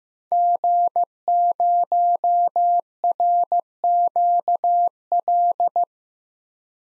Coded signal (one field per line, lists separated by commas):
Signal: Morse code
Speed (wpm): 15 wpm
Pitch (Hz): 700 Hz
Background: none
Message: G0RQL